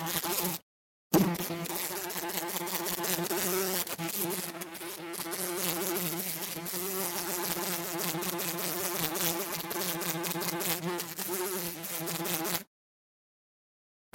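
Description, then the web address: Bee droning in a long, unbroken buzz with strong overtones and a rough, crackly texture, briefly cut off near the start and end. "пчела"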